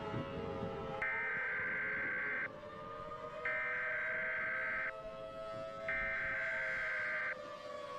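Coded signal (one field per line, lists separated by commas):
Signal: Emergency Alert System (SAME) tones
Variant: header bursts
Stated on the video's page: EAS tones from an analog horror EAS scenario, fictional.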